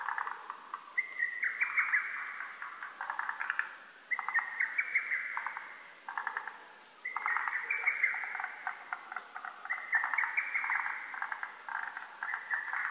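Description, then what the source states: Lesser cuckoo giving vigorous, near-continuous staccato song phrases, one running into the next with barely any gaps. Recorded 12 June 2010; Japanese name hototogisu.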